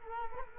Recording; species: mosquito wingbeat signal from an infrared sensor; Culex quinquefasciatus